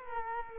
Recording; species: mosquito wingbeat signal from an infrared sensor; Culex quinquefasciatus